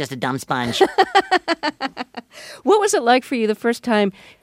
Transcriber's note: laughter